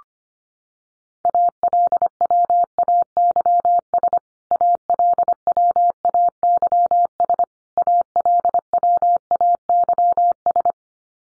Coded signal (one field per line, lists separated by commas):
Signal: Morse code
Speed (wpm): 25 wpm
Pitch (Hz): 700 Hz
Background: none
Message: ALWAYS ALWAYS ALWAYS